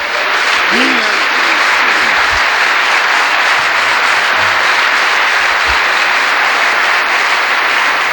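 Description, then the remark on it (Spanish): An audience applauds the Lord in a steady, dense wash of clapping that holds at an even, loud level throughout, with a brief vocal exclamation rising early on. “Le damos un aplauso al Señor.”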